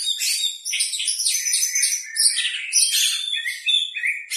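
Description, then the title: Oriental magpie-robin song: a hurried, nonstop medley of sharp chirps, trills and short whistles, loud and even throughout with hardly any pauses. "Kacer"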